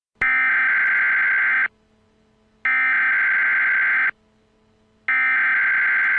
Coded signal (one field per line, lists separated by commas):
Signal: Emergency Alert System (SAME) tones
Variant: header bursts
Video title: EAS Scenario: The High School Massacre